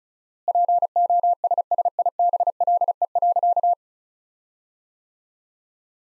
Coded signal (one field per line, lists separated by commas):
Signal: Morse code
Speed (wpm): 35 wpm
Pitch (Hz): 700 Hz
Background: none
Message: POSSIBLE.